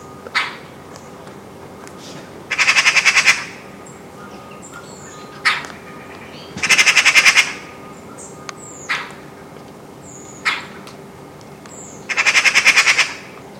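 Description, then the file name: Eurasian magpie giving harsh rattling chatters, three bursts of rapid dry notes several seconds apart, with single sharp calls between. "Pica pica"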